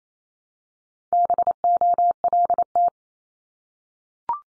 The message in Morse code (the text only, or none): BOLT